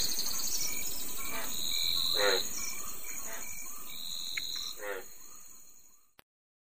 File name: Hoplobatrachus occipitalis